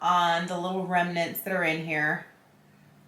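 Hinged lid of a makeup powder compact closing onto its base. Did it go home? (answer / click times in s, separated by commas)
no / none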